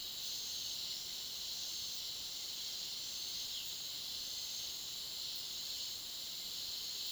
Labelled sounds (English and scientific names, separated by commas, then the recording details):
none
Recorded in pastures near Puerto Asís, Putumayo, Colombia, on 20 February 2024 at 08:30
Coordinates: 0.497, -76.327
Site G7276